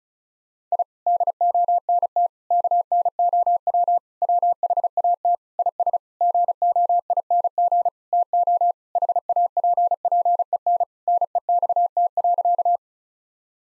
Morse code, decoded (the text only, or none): I DONT KNOW WHAT IS GOING TO HAPPEN NEXT.